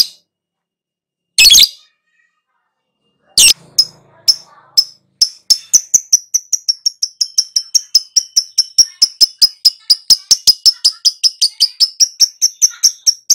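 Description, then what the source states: Lovebird chirping: two harsh bursts, then a long run of sharp high chirps that speeds up and continues to the end. Lure to prompt a lovebird to start singing loudly.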